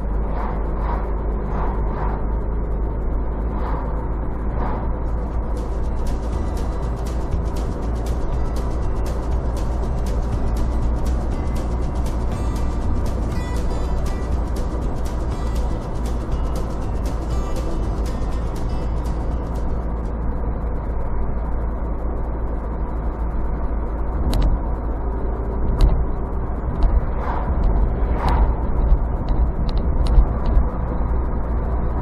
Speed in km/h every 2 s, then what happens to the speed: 55, 57, 58, 60, 62, 62, 61, 60, 60, 59, 60, 58, 59, 58, 61, 62.
0-8 speeds up to 62. 8-32 steady at about 60.